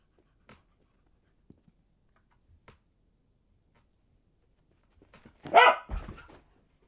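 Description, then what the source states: Dog with faint clicks and shuffles, then one loud sharp bark followed by a brief softer one. Dog barking while playing fetch.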